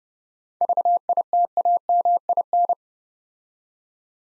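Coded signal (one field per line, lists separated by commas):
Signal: Morse code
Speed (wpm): 28 wpm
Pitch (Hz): 700 Hz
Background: none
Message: VITAMIN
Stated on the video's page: Morse practice set sending 7-letter words at 30 wpm for head-copy training.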